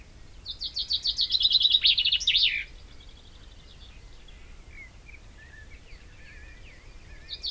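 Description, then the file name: Common chaffinch song: a single rattling descending phrase closing with a flourish, followed by quiet chirps of other birds and the start of the next phrase. "Fringilla coelebs"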